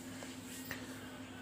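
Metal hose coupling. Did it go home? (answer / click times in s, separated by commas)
yes / 0.7 s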